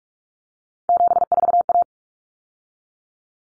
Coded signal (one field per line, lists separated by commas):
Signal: Morse code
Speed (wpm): 44 wpm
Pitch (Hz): 700 Hz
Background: none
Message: 74A